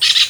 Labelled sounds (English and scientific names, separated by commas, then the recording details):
Brown-throated Parakeet (Eupsittula pertinax) contact call
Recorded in Venezuela
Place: Guárico; Corozopando; Fundo La Fe
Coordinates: 8.506, -67.593